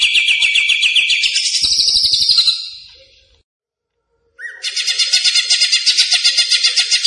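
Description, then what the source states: Greater green leafbird song: a quick pulsed trill rising in pitch, a second of silence, then a long dense buzzy trill of rapid repeated pulses. Singing described as 'gacor', meaning vigorous, persistent singing.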